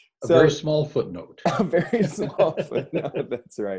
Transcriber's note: both laughing